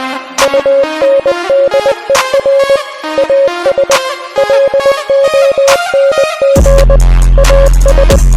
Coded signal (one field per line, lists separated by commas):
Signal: Morse code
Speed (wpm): 20 wpm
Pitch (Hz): 550 Hz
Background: music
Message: UNDER AS LONG AS